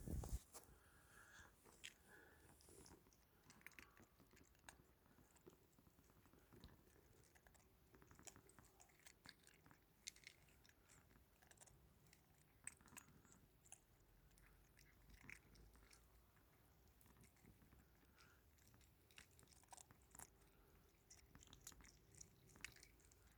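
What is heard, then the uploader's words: Cats eat, with steady wet chewing and crunching clicks scattered through the whole stretch, quick and irregular. Sharp ticks and small knocks break in every second or so, with a low hum running underneath and a faint steady tone in the middle. My cats do little head pushing during feeding.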